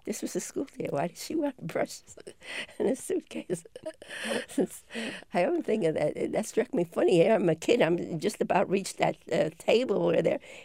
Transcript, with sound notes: This was a schoolteacher. Why does she want brushes in her suitcase? (laughing) I always think of that. That struck me funny. Here I'm a kid, I'm just about reach that table over there.